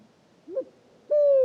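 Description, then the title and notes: Pharaoh eagle-owl hooting: a short, soft rising note followed by a longer, deep, slightly falling hoot, against a quiet night background. Singing at night, 3 a.m., 8 March 2019, at Oued Enoicre, a wadi in Mauritania; taken with a Tlp7 parabolic reflector and MixPre3 from about ten metres. "Grand-duc du désert - Mauritanie. 08 mars 2019-Oued Enoicre - Mauritanie. Il est 3h du matin. Le Grand-duc ascalaphe (Bubo ascalaphus) chante"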